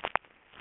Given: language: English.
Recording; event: throat vibration sensor signal played as sound; swallow